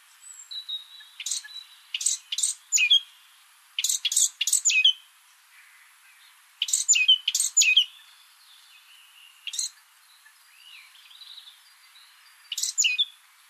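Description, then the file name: Eurasian Blackcap calling with sharp, dry tac notes in short runs of a few, separated by pauses, with faint soft notes between. "Sylvia atricapilla"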